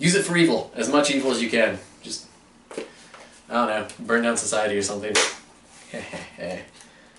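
A plastic accessory clip or buckle is handled against a helmet mount while someone talks, with a couple of short, soft taps between phrases. Nothing has seated or clicked yet; the clip ends just before the helmet accessory fitting snaps home.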